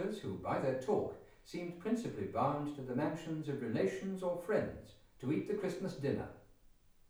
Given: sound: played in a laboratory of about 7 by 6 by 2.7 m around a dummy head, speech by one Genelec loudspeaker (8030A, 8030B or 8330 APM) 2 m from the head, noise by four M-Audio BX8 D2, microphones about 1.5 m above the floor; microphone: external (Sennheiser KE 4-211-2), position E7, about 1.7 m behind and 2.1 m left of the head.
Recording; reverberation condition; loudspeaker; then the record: male speech in English; medium; 60 degrees to the right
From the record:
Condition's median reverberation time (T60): about 510 ms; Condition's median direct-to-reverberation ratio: about -0.5 dB